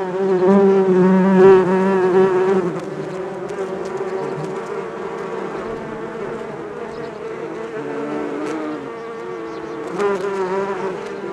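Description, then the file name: Bees buzzing; one loud, rich buzz close by for the first few seconds, then a softer steady drone, briefly louder again near the end. "benboncan bees"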